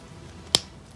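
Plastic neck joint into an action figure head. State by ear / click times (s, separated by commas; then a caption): seated / 0.5 s. An extra plastic neck joint piece from a GogoToy Thanos Battle Damage accessories set is pushed into the head of an SH Figuarts Avengers Endgame Thanos action figure. A single sharp click at 0.5 seconds shows the joint seating, and the fit is quite loose but holds. Otherwise there is only faint low background noise.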